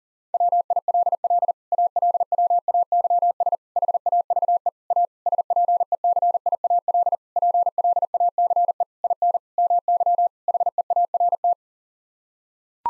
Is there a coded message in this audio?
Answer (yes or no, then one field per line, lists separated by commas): yes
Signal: Morse code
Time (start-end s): 0.3-11.5 s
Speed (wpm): 37 wpm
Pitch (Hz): 700 Hz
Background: none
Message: WILL ALWAYS HAVE A SPECIAL PLACE IN MY HEART